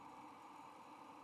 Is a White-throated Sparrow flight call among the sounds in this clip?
no